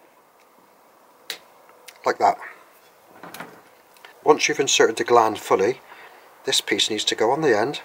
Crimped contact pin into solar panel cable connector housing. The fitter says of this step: then pushes into here until you hear a click like